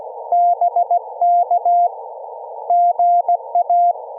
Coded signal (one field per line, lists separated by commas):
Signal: Morse code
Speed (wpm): 15 wpm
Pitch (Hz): 700 Hz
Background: none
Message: BK GA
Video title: Part 2: 14 WPM CW Practice Parks on the Air Activation with an IC-705 Monterey, CA